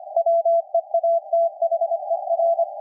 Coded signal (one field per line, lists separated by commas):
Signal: Morse code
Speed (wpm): 25 wpm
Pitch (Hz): 670 Hz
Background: none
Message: WEATHER